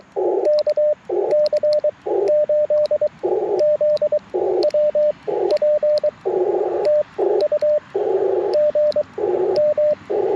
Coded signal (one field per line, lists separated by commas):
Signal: Morse code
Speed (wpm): 21 wpm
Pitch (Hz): 600 Hz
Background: radio noise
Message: KC8ZWP TU GM